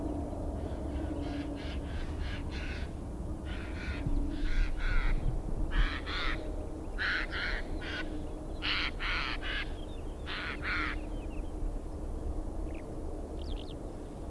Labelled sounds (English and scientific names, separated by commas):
Eurasian Skylark (Alauda arvensis)